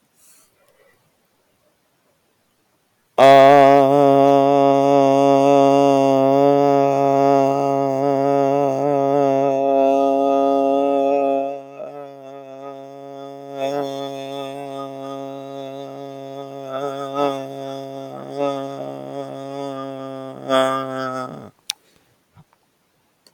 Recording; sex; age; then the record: vowel held as long as possible; male; 20 to 29 years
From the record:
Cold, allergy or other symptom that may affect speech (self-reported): no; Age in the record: 23 years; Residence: Texas, United States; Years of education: 17